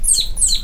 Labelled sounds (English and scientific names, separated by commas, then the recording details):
Stitchbird (Notiomystis cincta) song
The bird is a male
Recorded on Tiritiri Matangi Island, New Zealand, in 2005
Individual 17, of nest box 25